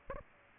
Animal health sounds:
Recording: mosquito wingbeat signal from an infrared sensor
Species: Aedes aegypti

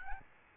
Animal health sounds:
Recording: mosquito wingbeat signal from an infrared sensor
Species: Aedes albopictus

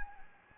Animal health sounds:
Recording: mosquito wingbeat signal from an infrared sensor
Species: Anopheles gambiae

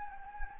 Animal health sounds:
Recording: mosquito wingbeat signal from an infrared sensor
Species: Anopheles gambiae

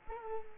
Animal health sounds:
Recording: mosquito wingbeat signal from an infrared sensor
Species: Culex quinquefasciatus

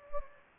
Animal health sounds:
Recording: mosquito wingbeat signal from an infrared sensor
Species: Anopheles gambiae

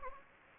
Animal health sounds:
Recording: mosquito wingbeat signal from an infrared sensor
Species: Anopheles gambiae

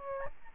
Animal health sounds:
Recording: mosquito wingbeat signal from an infrared sensor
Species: Aedes albopictus

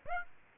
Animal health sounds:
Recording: mosquito wingbeat signal from an infrared sensor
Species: Aedes aegypti

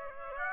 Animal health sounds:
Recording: mosquito wingbeat signal from an infrared sensor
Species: Aedes aegypti

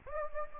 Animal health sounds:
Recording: mosquito wingbeat signal from an infrared sensor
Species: Anopheles gambiae

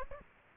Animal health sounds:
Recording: mosquito wingbeat signal from an infrared sensor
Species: Aedes aegypti

